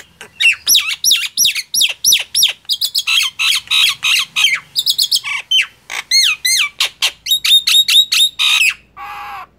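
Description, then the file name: Nias hill myna song of loud piercing whistles, buzzy squawks and quick upslurred notes in uneven bursts, ending with a short rasping note. "suara jalak nias"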